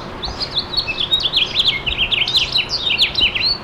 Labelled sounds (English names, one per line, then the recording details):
House Finch song
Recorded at Freeport on Long Island, New York, on 28 May 2013
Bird C